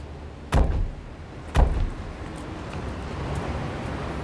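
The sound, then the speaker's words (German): Two sharp car door clunks about a second apart, each with a brief rattling tail, as occupants, including Reverend King, get out of a car pulled over by police for speeding, followed by a steady low rumble of outdoor ambience with no voices. “Alle raus aus dem Auto!”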